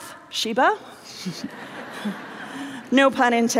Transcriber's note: laughter